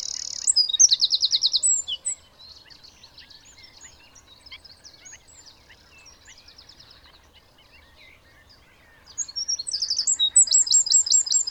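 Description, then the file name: Eurasian wren song opens with a loud high trill, drops to scattered faint chirps, then returns at about nine seconds with another rapid, rattling phrase. "Troglodytes troglodytes"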